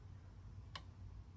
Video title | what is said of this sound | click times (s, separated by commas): Suzume 3-piece 72 Teeth Torque Wrench Set 1/2, 3/8, 1/14 inch - Unboxing and Full Review | We hear the click. | 0.8 s